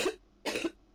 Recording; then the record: coughing mixed with background sound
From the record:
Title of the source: 61 morning phlegmy cough...again